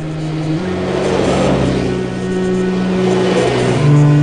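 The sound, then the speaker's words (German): Steady street traffic with car engines humming and shifting pitch, one revving up near the end, a continuous loud drone with no voices. “Autos. Überall Autos auf den Straßen.”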